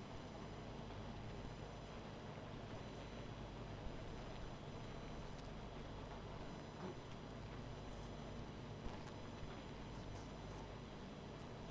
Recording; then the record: honeybee colony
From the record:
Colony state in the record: missing queen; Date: 14 July 2017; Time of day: 19:58